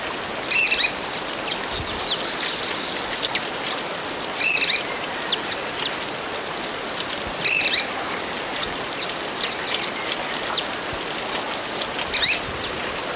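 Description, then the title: Bird chirps: four short, high, sharp bursts spread throughout, with faint scattered ticks between them, over steady hissing noise like rain or running water. "LuckyPassaro Completos2Sama"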